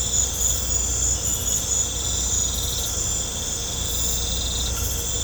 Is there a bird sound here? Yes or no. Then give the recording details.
no. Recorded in pastures near Puerto Asís, Putumayo, Colombia, on 16 December 2024 at 19:30. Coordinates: 0.502, -76.324. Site G077